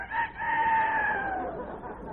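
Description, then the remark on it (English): A rooster crows once on a farm in the early morning, a long, drawn-out call rising briefly and then holding a strained, nasal tone before trailing off. No voices accompany it. “No, that's the rooster. It's morning.”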